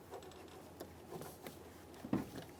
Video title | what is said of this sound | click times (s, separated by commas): How to Replace Front Door Lock Actuators 2013-2020 Ford Fusion | once you've heard a click go ahead and give that a little tug | 2.1 s